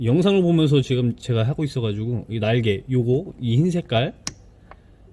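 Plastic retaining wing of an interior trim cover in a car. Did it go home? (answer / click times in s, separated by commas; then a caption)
released / 4.7 s. Someone talks while pressing a plastic retaining wing on an interior trim cover in a car with a flat tool to release it for removal. A sharp click is heard at 4.7 s as the wing clicks open and releases, after which the identical wing on the other side is next.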